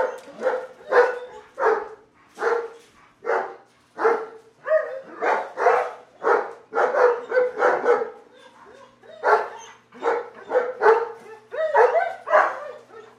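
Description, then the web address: German Shepherd barking in loud, harsh bursts, some single and some in quick doubles and triples, for about thirteen seconds. Dogs barking in a kennel. "Big Room Sound Dogs German Shepherd Kennel Barking"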